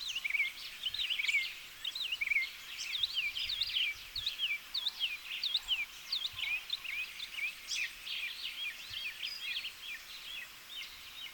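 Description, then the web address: Northern mockingbird song: a fast, varied run of chirps, slurred notes and warbles, shifting phrase types continuously throughout with a faint noisy background. "Northern mockingbird. دانلود-صدای-پرنده-مرغ-تقلیدگر-شمالی"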